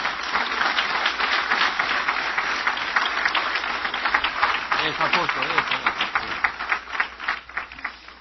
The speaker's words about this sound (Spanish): Un fuerte aplauso al Señor Jesucristo, nuestro Señor.